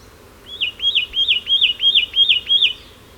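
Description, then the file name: Satin flycatcher calling a quick series of seven clear, whistled notes, each rising then dipping, repeated about three times a second against a quiet background. "Myiagra Cyanoleuca"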